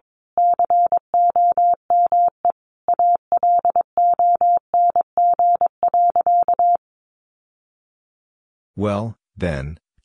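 Morse code beeps out as a single steady mid-pitched tone, keyed in quick dots and dashes grouped into words, for the first seven seconds. After a pause, two short voice-like bursts with sliding pitch sound near the end.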